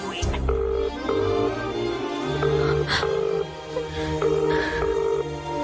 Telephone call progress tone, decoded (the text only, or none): ringback tone